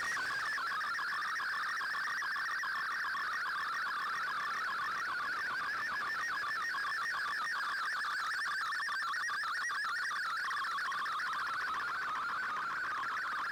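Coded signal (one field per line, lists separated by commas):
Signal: multi-tone FSK (Olivia or MFSK type)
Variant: MFSK32 or MFSK64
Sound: rapid warbling tone jumping between many pitches, steady and continuous throughout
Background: radio static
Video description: Here is my decode of the Shortwave Radiogram broadcast today on 15770Khz shortwave radio at 1330UTC in MFSK32 and 64 with 10 SSTV images.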